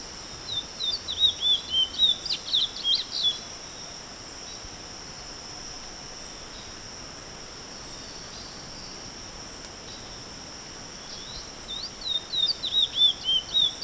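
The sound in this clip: Chestnut-bellied seed finch singing two bursts of quick, varied whistled notes separated by a long pause, with a constant high hiss throughout.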